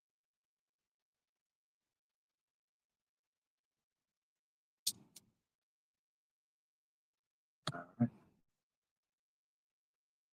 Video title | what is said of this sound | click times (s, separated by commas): Swapping My M5-SCP2 Case & Doin Some Soldering, (First Live Using Streamyard) | All right. Now, yeah, you hear it click. | 4.9 s, 7.7 s